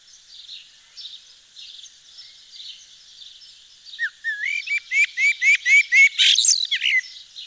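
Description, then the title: Eurasian blackbird song phrase: a run of several repeated whistled notes, then a scratchy high twittering ending. Recorded in Nord, France. "Sylvain Jaskowiak - Mes piafs. Merle noir dans le Nord"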